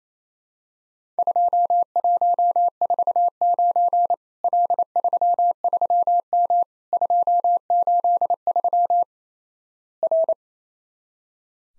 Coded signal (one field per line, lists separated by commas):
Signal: Morse code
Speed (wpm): 28 wpm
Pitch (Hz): 700 Hz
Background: none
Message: 2149 L33M 283 R